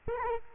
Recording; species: mosquito wingbeat signal from an infrared sensor; Culex quinquefasciatus